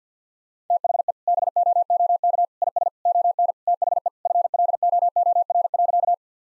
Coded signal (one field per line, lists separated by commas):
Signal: Morse code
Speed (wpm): 50 wpm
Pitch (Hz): 700 Hz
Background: none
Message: THE BOOK IS ON THE FLOOR.